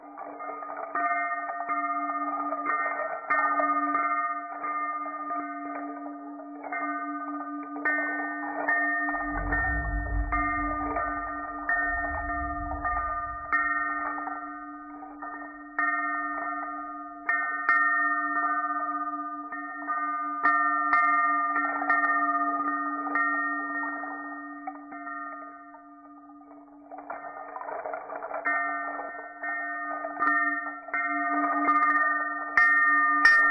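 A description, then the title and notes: A singing bowl hums a steady low tone throughout while shakers and a bell ring in bright, ringing layers above it, thinning out around 20 to 27 seconds before swelling again. Two soft low thumps land near 10 and 12 seconds. I recorded a brief awakening of my altar with my singing bowl, shacapas, and bell. I recorded a slow motion video at 240 FPS on my iPhone, and used Sennheiser Ambeo binaural recording headphones to capture the slowed sounds. I focused primarily on creating sounds on the left side of the mic array, and I mastered to mono focusing on the left image.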